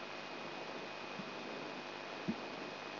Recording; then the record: brain microelectrode recording played as sound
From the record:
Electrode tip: inside the subthalamic nucleus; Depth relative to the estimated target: -1.5 mm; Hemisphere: right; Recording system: AlphaMap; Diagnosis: Parkinson's disease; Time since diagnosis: 9 years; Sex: male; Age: 58 years